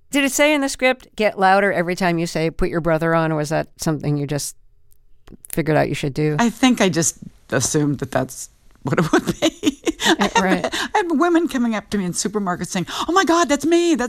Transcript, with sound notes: Did it say in the script, get louder every time you say put your brother on? Or was that something you just figured out you should do?
I think I just assumed that that's what it would be (laughter).
Right.
I have women coming up to me in supermarkets saying, oh, my God. That's me.